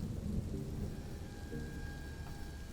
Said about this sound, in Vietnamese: Đúng khi ấy, vang lên từng đợt sấm sét, cơn mưa ào ào đổ xuống, không có dấu hiệu báo trước.